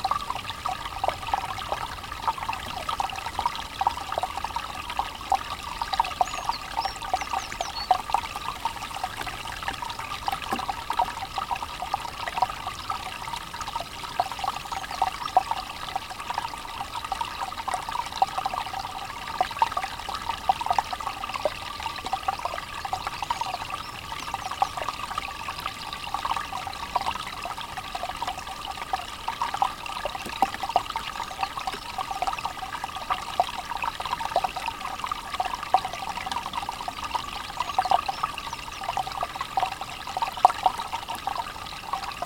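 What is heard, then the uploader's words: A small brook in the Lake District trickles and babbles steadily for the whole stretch, its gentle splashing dense and unchanging in level. The sound sits mostly in a mid-range wash with brighter fizzy detail above, and nothing else interrupts it. Relax to the gentle babble of spring in the Lake District. We're in Blawith Fells in the Lake District. Recorded by Daniel Graham. Trickling brooks.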